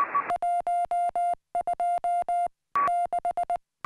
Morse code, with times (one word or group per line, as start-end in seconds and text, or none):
0.3-2.5 12
2.9-3.6 6